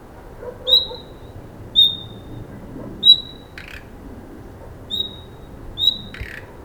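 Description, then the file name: Common nightingale giving thin whistled calls near one pitch, five notes at uneven intervals, with two short rasping bursts, one between notes and one after the last, over low background hiss. "Luscinia megarhynchos"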